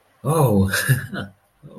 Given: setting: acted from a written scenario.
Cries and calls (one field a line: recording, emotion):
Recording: vocal sound without words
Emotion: positive surprise